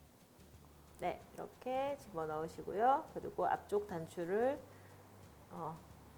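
Snap button halves on a fabric strap for a zipper pouch are handled by hand before being pressed together, and they are meant to be pressed until they snap to be fixed. Someone talks throughout the clip, and nothing has seated or clicked yet.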